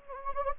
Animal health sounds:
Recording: mosquito wingbeat signal from an infrared sensor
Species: Anopheles gambiae

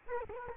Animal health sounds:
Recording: mosquito wingbeat signal from an infrared sensor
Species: Culex quinquefasciatus

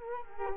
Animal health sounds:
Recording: mosquito wingbeat signal from an infrared sensor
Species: Culex quinquefasciatus

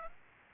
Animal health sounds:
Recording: mosquito wingbeat signal from an infrared sensor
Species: Aedes aegypti

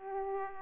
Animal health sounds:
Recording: mosquito wingbeat signal from an infrared sensor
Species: Aedes aegypti

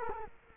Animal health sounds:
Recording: mosquito wingbeat signal from an infrared sensor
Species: Culex quinquefasciatus

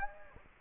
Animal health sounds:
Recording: mosquito wingbeat signal from an infrared sensor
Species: Anopheles gambiae

